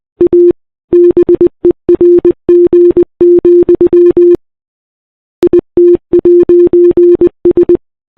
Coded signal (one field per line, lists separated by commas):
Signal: Morse code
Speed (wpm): 20 wpm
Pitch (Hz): 340 Hz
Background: none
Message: A BERG, IT'S